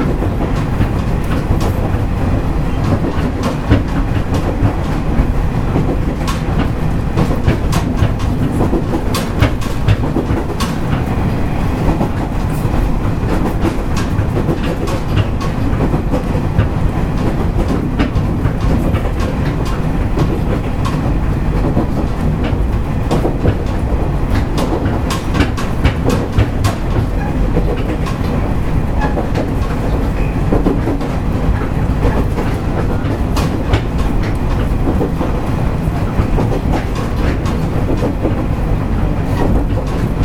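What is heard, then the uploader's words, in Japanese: A diesel railcar runs steadily along the line, with a dense low engine rumble, rattling, and frequent sharp clicks from the wheels over the rails. JRキハ31系 若松から折尾まで。JR九州の31系気動車の走行音です。若松線の普通列車にて収録しました。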